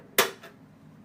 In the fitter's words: Snaps right in.